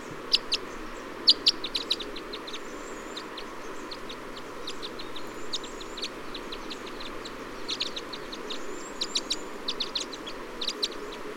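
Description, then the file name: Red crossbill flight calls: short, sharp chip notes in loose clusters throughout, with a few thin drawn-out whistles and a low background hum for most. Type E Red Crossbill; flight calls. "Red Crossbill Type E - FCs"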